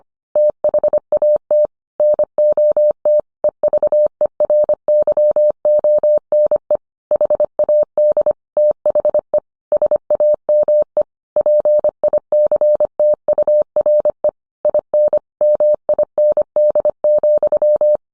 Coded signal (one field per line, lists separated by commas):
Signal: Morse code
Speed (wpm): 25 wpm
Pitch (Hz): 600 Hz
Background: none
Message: THAT NOT EVERYONE HAD THE SAME PICTURE IN MIND,